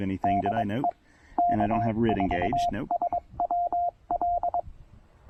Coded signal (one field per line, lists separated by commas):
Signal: Morse code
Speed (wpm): 23 wpm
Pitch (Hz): 690 Hz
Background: speech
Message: DE K4SWL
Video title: The new Penntek TR-45L: A Full Overview, Tour, and POTA Activation!